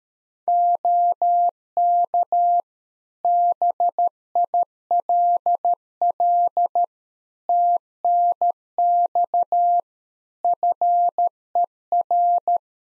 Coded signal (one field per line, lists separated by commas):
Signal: Morse code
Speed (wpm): 13 wpm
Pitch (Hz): 700 Hz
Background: none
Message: OK BILL TNX FER